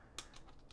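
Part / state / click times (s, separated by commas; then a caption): quick-detach sling swivel into rail socket / not seated / none. A quick-detach sling swivel is pushed into a hole in a Grove Tech metal rail system for a PepperBall VKS, producing a sharp tap at about 0.2 s and fainter taps near 0.4 s and 0.7 s. The swivel looks seated but has not locked, and it comes right back out.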